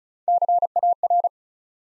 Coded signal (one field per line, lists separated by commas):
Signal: Morse code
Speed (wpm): 36 wpm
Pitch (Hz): 700 Hz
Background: none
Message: CAR